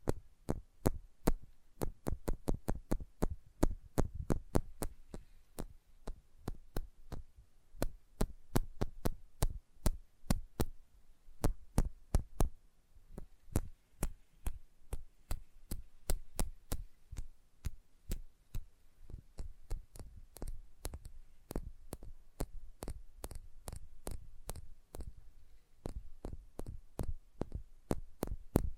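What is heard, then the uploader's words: Sensitive tapping with crisp, sharp clicks in quick, fairly regular bursts throughout, sometimes speeding into rapid runs and sometimes spacing out. Each tap is bright and brief, with a soft low thump beneath, over a faint steady hum. ASMR Sensitive Tapping (No Talking).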